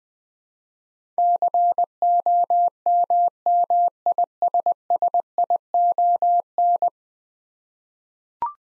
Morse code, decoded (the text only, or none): COMMISSION